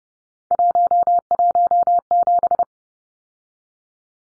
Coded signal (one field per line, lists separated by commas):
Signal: Morse code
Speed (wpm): 30 wpm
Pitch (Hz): 700 Hz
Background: none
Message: 117